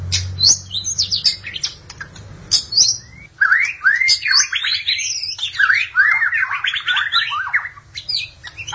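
Magpie-robin or shama song with quick chips at first, then a continuous jumble of looping whistled notes and trills, and a faint low hum early on.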